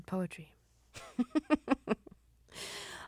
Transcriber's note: soundbite of laughter